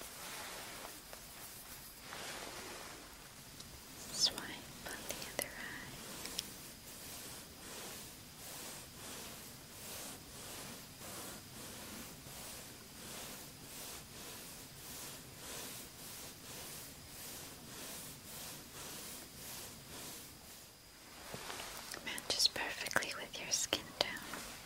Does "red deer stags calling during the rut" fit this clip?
no